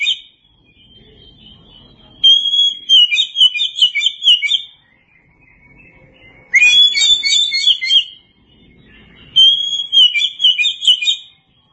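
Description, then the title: Oriental magpie-robin with a loud, musical song: three phrases of fluty whistles and rapid warbling notes spaced several seconds apart. "Kacer"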